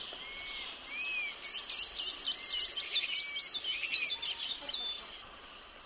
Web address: ENTER Science Biology Natures Songs S America Eastern Lowlands Blue-gray Tanager